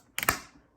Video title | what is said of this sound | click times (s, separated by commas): GREENWORKS 16” CORDED MOWER FULL REVIEW! | it sounds like that disengages the motor. That little clicking noise in this button here. | 0.2 s, 0.3 s